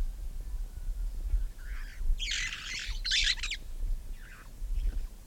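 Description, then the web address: Red-fronted parrot letting out a sustained, noisy screech followed by a second raspy burst and a few softer squeals, with low background rumble. "parrots poicephalus-gulielmi"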